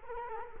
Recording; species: mosquito wingbeat signal from an infrared sensor; Culex quinquefasciatus